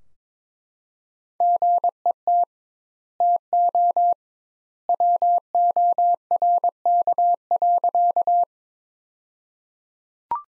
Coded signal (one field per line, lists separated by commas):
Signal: Morse code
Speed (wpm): 21 wpm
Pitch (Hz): 700 Hz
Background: none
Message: GET TO WORK.